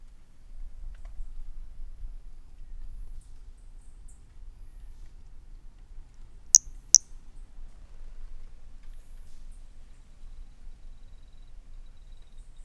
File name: Brachycephalus mirissimus 18 jan 18 individual 12 ex 01 20-50 cm first note missing M R Bornschein